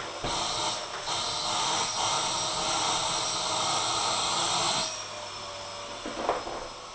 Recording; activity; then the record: daily activity, microphone in the room; vacuum cleaning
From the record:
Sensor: 5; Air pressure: 999.4 hPa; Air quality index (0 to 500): 226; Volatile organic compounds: 23 ppm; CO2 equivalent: 2768 ppm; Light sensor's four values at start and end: 33/76/31/30 and 34/79/31/30